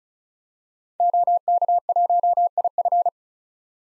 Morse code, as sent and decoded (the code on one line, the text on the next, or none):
--- -.- .---- .. ..-.
OK1IF